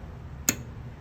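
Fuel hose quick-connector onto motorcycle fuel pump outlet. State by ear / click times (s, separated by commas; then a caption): seated / 0.5 s. A fuel hose quick-connect coupling, lined up with the raised tabs, is pushed onto the outlet of a Quantum fuel pump being fitted to a Suzuki GSX-R motorcycle. A single sharp click at 0.5 s stands out over a low, steady background hum. The connector seats and locks onto the pump outlet.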